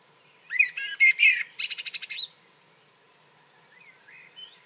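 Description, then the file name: Common blackbird song, one fluting warbled phrase followed by a rapid run of high scratchy notes, then faint soft notes. "Turdus merula"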